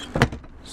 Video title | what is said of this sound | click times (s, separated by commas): 2020 Earthroamer XV LTS Expedition Vehicle 4x4 Full Detailed Tour | right I'm gonna put the TV back good I'm just gonna pivot it up lock into place store | 0.2 s